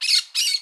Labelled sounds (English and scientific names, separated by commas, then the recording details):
Brown-throated Parakeet (Eupsittula pertinax) contact call
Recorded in Curacao
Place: Hoffi Jan Thiel
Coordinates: 12.094, -68.877